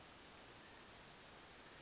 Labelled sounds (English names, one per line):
Western Flycatcher